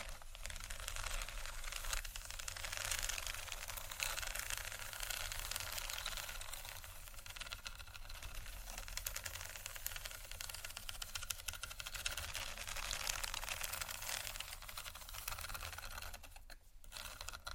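Dense rattling and tapping of plastic and glass pieces runs throughout, a busy, bright clatter with fine scratching mixed in. A steady low rumble sits underneath, and the rattling thins briefly near the end around sixteen seconds before resuming.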